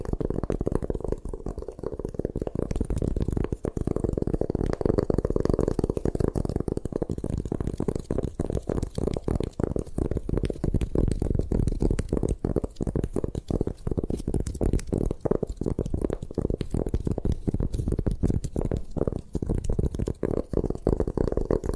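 Gym chalk is crushed and ground without pause for the whole stretch, a thick, low, gritty crunching. Countless tiny crackles and snaps pile on top of one another, with a few sharper pops standing out along the way, and the level stays loud and even throughout.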